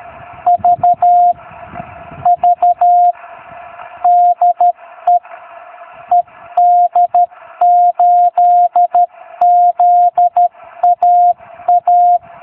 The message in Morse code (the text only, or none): V V DE ED8ZAA